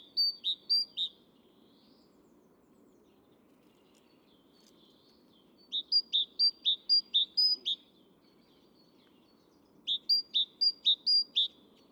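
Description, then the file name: Great tit song given in three short bouts of quick, bright see-saw phrases, pauses of a few seconds between them, over low steady background noise. "Parus major"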